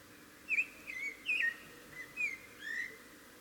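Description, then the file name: Eurasian blackbird giving five soft, fluted notes with twisting pitch, loosely spaced across a few seconds. "Turdus merula"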